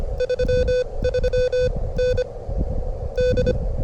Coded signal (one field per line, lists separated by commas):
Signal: Morse code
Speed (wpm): 25 wpm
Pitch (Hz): 500 Hz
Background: none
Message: 33N D